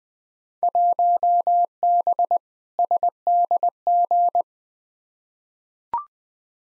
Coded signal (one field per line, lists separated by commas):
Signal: Morse code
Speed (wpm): 21 wpm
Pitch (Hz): 700 Hz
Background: none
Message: 1B SDG